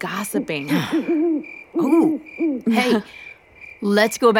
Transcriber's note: owl hooting